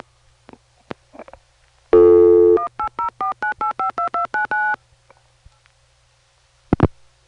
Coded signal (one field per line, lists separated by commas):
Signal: DTMF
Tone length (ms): 120 ms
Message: 18049852299